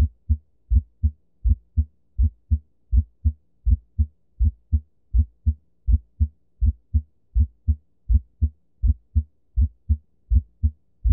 Split S1 Heart Sound. The M1 sound occurs slightly before T1. A split S1 sound is common in the setting of a right bundle branch block or ventricular tachycardia/premature ventricular contractions, or PVCs.